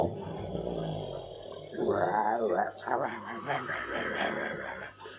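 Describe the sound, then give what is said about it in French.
A voice imitates a monster's growl from behind trees, with rough, wavering, drawn-out groans that rise and fall for several seconds, preceded by a brief stretch of quieter, murmured vocal noise. “Et je suis même allée derrière les arbres pour faire le bruit des monstres.”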